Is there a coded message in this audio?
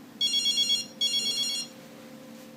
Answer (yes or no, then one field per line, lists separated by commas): no